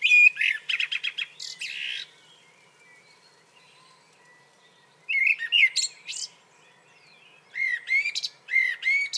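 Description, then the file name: Common blackbird singing: three short warbled phrases, each a low fluty start breaking into high squeaky twitters, with quiet gaps between them. "Turdus merula"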